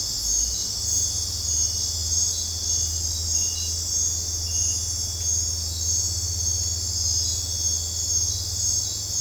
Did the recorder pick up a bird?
no